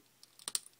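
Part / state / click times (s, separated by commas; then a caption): wing backpack into action figure back sockets / seated / 0.5 s. A plastic wing backpack of an action figure is pushed into the holes in the figure's back. Two sharp plastic clicks sound at 0.5 s and 0.6 s, followed by a softer tick, and the wing pack is seated.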